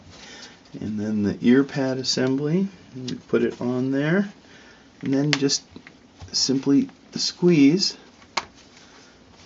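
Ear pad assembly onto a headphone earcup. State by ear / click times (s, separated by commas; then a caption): seated / 8.4 s. Someone talks while an ear pad assembly is placed onto the earcup of a Sennheiser HD 580, HD 600 or HD650 headphone and squeezed. A single sharp click at 8.4 s marks the assembly snapping into place, seated.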